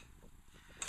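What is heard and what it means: A Rock River Arms LAR-8, an AR-10-pattern .308 rifle, has its charging handle pulled back against the heavy buffer spring until the steel bolt locks open on the bolt catch in the receiver. Faint low shuffling comes first, then a short metallic click at 0.8 s and a second at 0.9 s as the bolt locks open.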